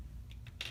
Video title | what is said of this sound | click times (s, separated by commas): I ❤️ Toys! Episode 14 (Transformers Titans Returns Decepticon Octone and Murk) | you know this thing's not gonna go loose any time soon and it snaps right in there pretty nicely okay | 0.6 s